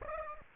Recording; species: mosquito wingbeat signal from an infrared sensor; Aedes aegypti